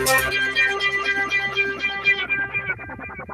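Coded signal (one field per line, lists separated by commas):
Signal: none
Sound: guitar music notes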